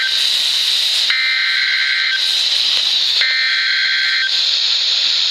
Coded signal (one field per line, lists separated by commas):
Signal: Emergency Alert System (SAME) tones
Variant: header bursts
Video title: EAS #17 - Severe Thunderstorm Warning 8-8-2013